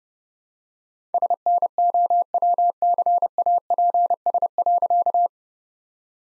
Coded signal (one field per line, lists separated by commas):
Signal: Morse code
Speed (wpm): 30 wpm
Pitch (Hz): 700 Hz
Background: none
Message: SNOWCAPS.